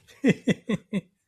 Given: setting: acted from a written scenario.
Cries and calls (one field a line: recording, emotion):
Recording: vocal sound without words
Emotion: amusement